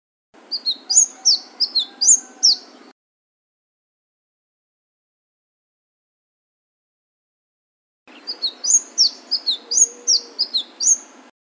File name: suara kicauan burung madu matari. omkicau